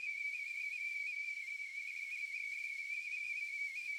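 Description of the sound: A steady, shrill, high-pitched whistle with a slight waver and faint background hiss runs unbroken for four seconds. It is a simulation of tinnitus of the kind patients describe as a tea kettle going off, a phantom sound that can be constant or intermittent.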